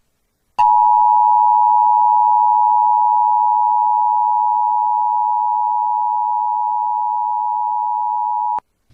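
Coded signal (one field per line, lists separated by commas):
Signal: Emergency Alert System (SAME) tones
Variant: 853 and 960 Hz attention tone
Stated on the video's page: EAS Severe Thunderstorm Warning for Laredo, Texas, with valid EAS tones captured from three FM stations.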